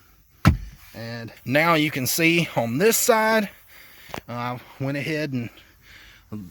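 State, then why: Seated. A SMARTLINER custom-fit rubber floor liner's retention lock snaps shut onto the floor retention pin with a loud, sharp click at 0.5 s. Someone talks before and after, and the liner is seated and locked in place.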